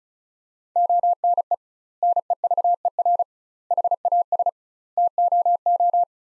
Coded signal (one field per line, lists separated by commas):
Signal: Morse code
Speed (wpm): 36 wpm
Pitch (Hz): 700 Hz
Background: none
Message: ONE NEVER HAS TOO